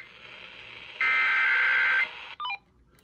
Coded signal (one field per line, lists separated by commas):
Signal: Emergency Alert System (SAME) tones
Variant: header bursts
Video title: KKLQ Double Weekly (EAS #11845-11846) 7/7/23